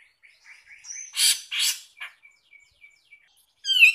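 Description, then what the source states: Grey-cheeked bulbul: quiet short notes, two loud harsh rasping bursts, more soft notes, then a brief sharp whistled phrase at the end. Master recording used for training songbirds.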